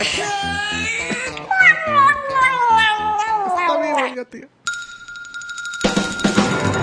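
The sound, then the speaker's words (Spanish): A voice imitating a cat, begging for money, lets out a long, wavering meow that slides downward in pitch for several seconds, followed by a brief pause, a steady high beep and a burst of noisy sound. “Maullo por dinero.”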